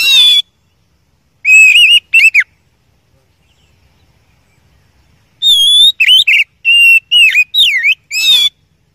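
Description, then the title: Oriental magpie-robin song: a short warble, a whistle with brief downslurred notes, a long quiet gap, then a rapid string of varied whistles and twisting slurs. First-place champion (juara) song, used to teach other songbirds (masteran). "Masteran Kacer Juara"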